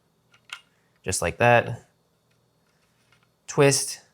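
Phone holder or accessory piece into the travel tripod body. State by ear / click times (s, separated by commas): not seated / none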